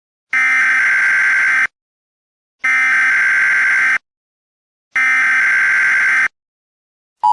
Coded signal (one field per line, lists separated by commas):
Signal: Emergency Alert System (SAME) tones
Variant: header bursts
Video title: EAS Scenario - THE TALL HAPPY RED